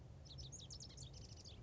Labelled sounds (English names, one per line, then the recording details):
Lazuli Bunting
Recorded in Sonoma County, California